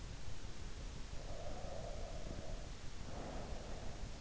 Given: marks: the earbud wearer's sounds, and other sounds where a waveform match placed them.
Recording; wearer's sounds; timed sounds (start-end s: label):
sounds in sleep by an in-ear microphone; breath
0.88-3.90 s: breath